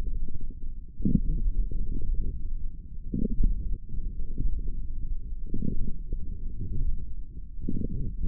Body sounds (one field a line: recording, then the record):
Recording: forearm muscle sounds (acoustic myography)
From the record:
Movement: wrist flexion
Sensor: system 1, eight BSWA MPA416 microphones around the upper forearm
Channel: 5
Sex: male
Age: 18 years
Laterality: right